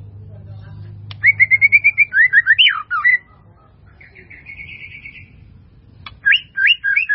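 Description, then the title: White-rumped Shama singing a rapid series of short whistled notes that turns into swooping notes, a softer buzzy trill, then fresh whistled phrases; low hum beneath. "murai batu"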